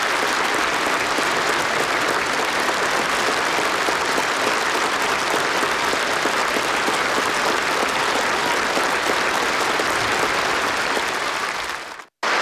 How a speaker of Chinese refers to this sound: 少先队员向他们献上美丽的鲜花，全体起立，热烈鼓掌，向受表彰人员表示衷心祝贺和崇高敬意。